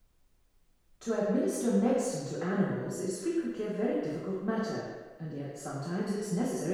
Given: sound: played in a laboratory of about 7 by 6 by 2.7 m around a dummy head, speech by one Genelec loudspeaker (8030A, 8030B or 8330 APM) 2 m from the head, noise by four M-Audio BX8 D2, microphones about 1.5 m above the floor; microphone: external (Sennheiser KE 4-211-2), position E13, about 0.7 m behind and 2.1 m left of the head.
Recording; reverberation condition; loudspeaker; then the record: female speech in English; high; 150 degrees to the left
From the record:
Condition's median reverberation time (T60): about 1300 ms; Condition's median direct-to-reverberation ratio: about -4.0 dB